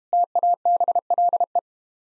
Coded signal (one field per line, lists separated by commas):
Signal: Morse code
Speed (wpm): 31 wpm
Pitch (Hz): 700 Hz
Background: none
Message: TABLE